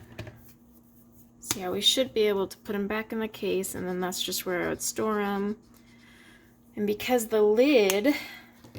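A plastic storage case for alcohol markers is handled while its lid is brought toward the case body, with someone talking throughout and a few faint handling taps at the start and end. Nothing has seated or clicked yet; the lid locks in place only after the clip ends, so the case can be stored on its side.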